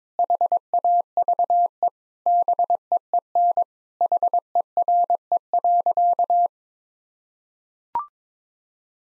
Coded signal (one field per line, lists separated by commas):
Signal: Morse code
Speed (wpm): 22 wpm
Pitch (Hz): 700 Hz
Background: none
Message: HAVE BEEN HERE.